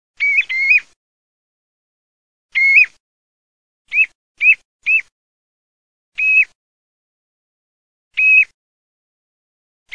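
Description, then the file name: Common ringed plover giving clear, mellow whistled calls, singly or in short groups, at irregular intervals, in silence. "CORRIEREGROSSO"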